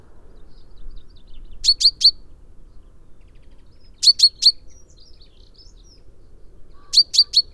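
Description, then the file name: Common Chaffinch giving triplets of sharp high notes, repeated about every two and a half seconds. "Fringilla coelebs"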